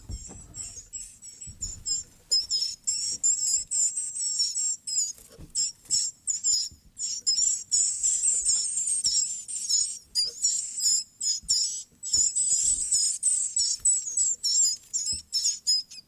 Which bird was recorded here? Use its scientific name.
Phylloscopus collybita